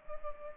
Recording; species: mosquito wingbeat signal from an infrared sensor; Culex pipiens